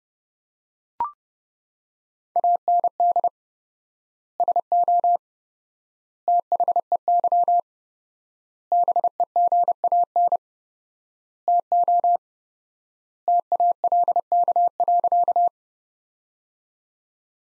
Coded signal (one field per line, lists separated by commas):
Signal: Morse code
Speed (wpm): 32 wpm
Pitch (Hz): 700 Hz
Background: none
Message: AND SO THEY BEGAN TO TALK.